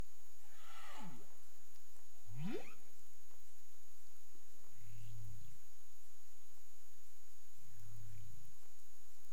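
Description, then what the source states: Cetacean calls: a long falling sweep, then a rising sweep, followed by two low muffled grunts a few seconds apart, with a steady high electronic tone throughout. Recorded off Bermuda on 30 April 2021 at 02:35 UTC; labelled as clicks.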